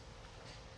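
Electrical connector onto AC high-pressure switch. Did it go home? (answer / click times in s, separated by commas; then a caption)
no / none. An electrical plug is being handled at the AC high-pressure switch of a Jeep Wrangler TJ after an AC compressor replacement, on its way to being pushed back onto the switch. Only a steady, even broadband background noise with low rumble is heard across the 0.8 seconds, with no sharp hits. Nothing has seated or clicked yet.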